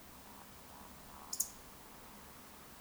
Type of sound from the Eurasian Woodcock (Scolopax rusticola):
whistle, croak